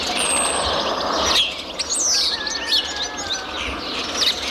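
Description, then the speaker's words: Spotless Starling song with varied whistles, clicks and slurred rising and falling notes, delivered in a steady jumble. "Saudações ambientais dos amigos do Caster e ouça o canto do estorninho preto."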